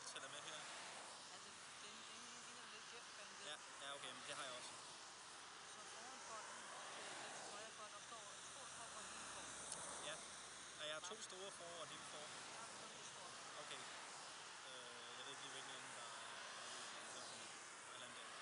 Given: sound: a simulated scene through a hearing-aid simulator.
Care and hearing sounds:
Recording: conversation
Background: traffic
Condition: -4 dB SNR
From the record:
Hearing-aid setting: I (fast-acting compression, audibility-based gain)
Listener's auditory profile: C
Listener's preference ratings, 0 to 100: 7, 15, 26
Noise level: 75 dB SPL

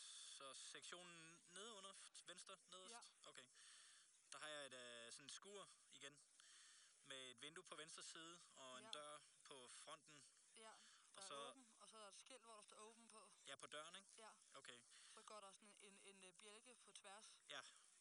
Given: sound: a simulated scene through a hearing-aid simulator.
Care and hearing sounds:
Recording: conversation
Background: quiet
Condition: 65 dB SPL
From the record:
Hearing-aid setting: II (fast-acting compression, audibility-based gain, advanced features for about 2.5 dB of SNR improvement)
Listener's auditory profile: A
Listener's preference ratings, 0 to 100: 93, 57, 59

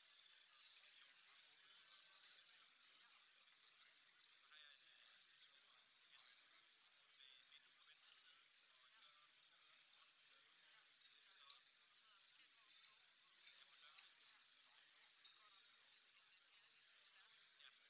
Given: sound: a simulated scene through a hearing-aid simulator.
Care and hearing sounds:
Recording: conversation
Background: cafeteria (anchor of the quiet scene)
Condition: -6 dB SNR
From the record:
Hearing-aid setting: anchor resembling a broken hearing aid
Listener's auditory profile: B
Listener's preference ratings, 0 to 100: 2, 3, 2

